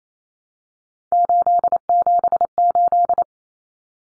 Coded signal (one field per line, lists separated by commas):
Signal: Morse code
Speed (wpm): 28 wpm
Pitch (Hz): 700 Hz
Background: none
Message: 878